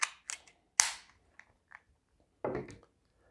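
A metal magazine is inserted into the grip of a Yavuz 1911 Defender pistol and clicks home with a sharp, strong metallic hit at 0.8 s, leaving the pistol ready. Lighter clicks and taps come before and after. A longer, rougher burst of handling noise follows at about 2.5 s.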